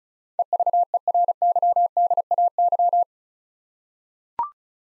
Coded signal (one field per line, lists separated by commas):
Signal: Morse code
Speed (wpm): 36 wpm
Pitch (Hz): 700 Hz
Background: none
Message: EVERYDAY